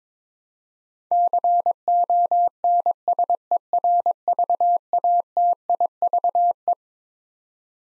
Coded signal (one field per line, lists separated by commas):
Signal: Morse code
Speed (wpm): 22 wpm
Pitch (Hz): 700 Hz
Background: none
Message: CONSERVATIVE